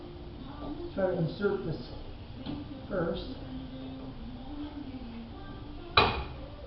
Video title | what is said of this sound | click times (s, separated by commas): 2011 Kia Soul Disc Brake replacement - quick and easy | it snapping in place so | 6.0 s